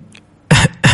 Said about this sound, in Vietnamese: Ho khan vài tiếng, phun ra vài ngụm máu tươi